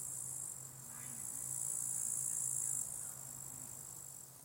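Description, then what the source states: Crickets trilling in a bright high chorus that builds to a peak and fades, with a low steady hum beneath. Crickets at a small spot beside a hiking path with wild natural meadows at Lake Wolfgangsee, Strobl, Austria; some traffic audible; recorded with SD702t and MKH8040.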